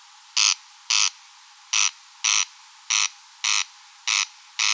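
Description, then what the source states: Corn crake harsh rasping call, dry grating notes given in short pairs with uneven pauses between them, no other sounds evident. Recorded at Rønbjerg Enge.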